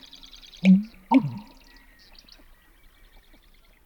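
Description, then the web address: American bittern call: two deep, gulping low notes in quick succession, with faint high chirps from other birds throughout. North America. "Songs of Birds of North America Know Your Bird Sounds Common Western Species. American Bittern"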